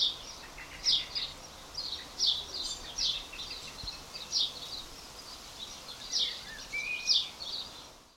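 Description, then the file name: House sparrow uttering a run of high, clipped chirps at irregular intervals, some overlapping fainter notes, plus a brief thin whistle near the end against background hiss. "Passer domesticus"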